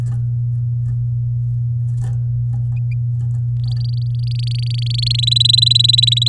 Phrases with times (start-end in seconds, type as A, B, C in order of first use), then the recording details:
3.64-5.16 A, 5.18-6.28 B. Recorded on 11 May 2018 at 06:10. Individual llb16